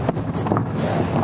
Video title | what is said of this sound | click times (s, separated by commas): New 2019 FOREST RIVER ROCKWOOD A214HW Pop Up Camper RV Bath Shower Combo Lightweight Colorado Dealer | There you go. All right, so that roof, or that wall is locked into place. | 0.6 s